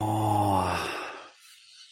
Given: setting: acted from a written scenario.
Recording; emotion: vocal sound without words; ecstasy